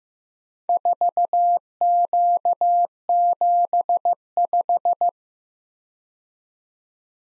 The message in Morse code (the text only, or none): 4Q75